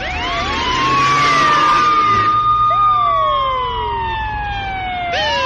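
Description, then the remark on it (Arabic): A police siren wails loudly on its own as the police arrive, its pitch sweeping up, holding a long steady tone, then gliding down before starting to rise again, over a low rumble of traffic. “حضرت الشرطة”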